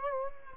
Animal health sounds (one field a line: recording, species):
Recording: mosquito wingbeat signal from an infrared sensor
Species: Culex quinquefasciatus